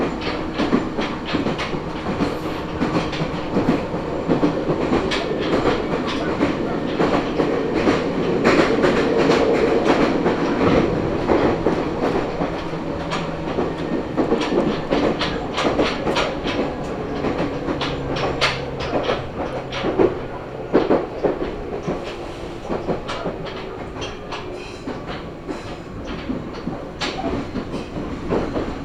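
A train rolls steadily along the track, wheels clattering over rail joints in frequent sharp clicks beneath a constant low rumble throughout.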